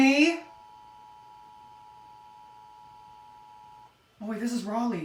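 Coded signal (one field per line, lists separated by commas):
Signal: Emergency Alert System (SAME) tones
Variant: 853 and 960 Hz attention tone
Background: speech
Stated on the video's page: NOAA Weather Radio tornado drills and severe weather preparedness statements for North and South Carolina; alerts may contain valid EAS tones.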